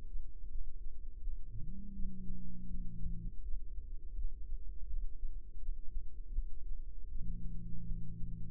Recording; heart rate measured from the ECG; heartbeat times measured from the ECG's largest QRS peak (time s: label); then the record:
heart sounds by microphone in the right ear; 82 bpm
0.49 s: heartbeat
1.21 s: heartbeat
1.94 s: heartbeat
2.68 s: heartbeat
3.42 s: heartbeat
4.15 s: heartbeat
4.87 s: heartbeat
5.60 s: heartbeat
6.34 s: heartbeat
7.09 s: heartbeat
7.85 s: heartbeat
From the record:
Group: healthy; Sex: female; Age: 51 years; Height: 162 cm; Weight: 70.04 kg